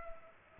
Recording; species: mosquito wingbeat signal from an infrared sensor; Culex pipiens